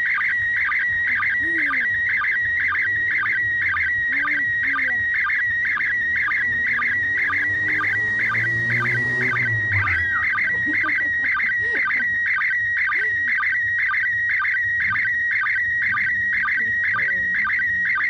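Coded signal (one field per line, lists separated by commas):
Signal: SSTV (slow-scan television)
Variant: PD120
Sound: warbling whistle near 1.9 kHz with rhythmic low blips about twice a second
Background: birds chirping, radio hiss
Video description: Se utilizó una radio Baofeng UV-5R en la frecuencia 145,800 MHz (+/- 3 KHz para el cambio Doppler) y el modo de operación SSTV PD 120.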